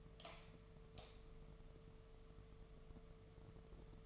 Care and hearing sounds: daily activity, microphone in the room; light on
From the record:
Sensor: 4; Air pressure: 1015.4 hPa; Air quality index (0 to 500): 168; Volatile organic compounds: 6 ppm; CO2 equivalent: 1939 ppm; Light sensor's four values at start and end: 19/44/18/18 and 24/58/24/26

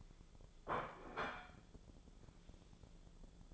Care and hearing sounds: daily activity, microphone in the room; place plate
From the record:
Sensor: 5

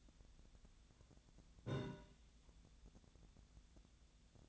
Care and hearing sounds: daily activity, microphone in the room; take from stove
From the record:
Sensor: 3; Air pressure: 1010.0 hPa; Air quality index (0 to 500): 186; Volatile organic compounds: 13 ppm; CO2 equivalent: 2420 ppm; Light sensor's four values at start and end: 39/97/42/45 and 39/97/42/45

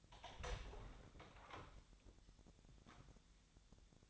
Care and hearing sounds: daily activity, microphone in the room; open door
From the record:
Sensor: 3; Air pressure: 1007.1 hPa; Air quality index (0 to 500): 202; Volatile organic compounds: 17 ppm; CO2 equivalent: 2594 ppm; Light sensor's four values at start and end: 12/28/12/12 and 12/29/12/12

